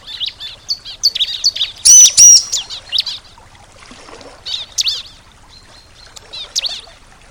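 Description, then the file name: Bar-winged prinia song: quick high chirping phrases, with two loud clipped whistled notes near two seconds and scattered chirps after a pause. Nature therapy recording for a ciblek that has stopped singing ('macet'). "terapi alam ciblek macet"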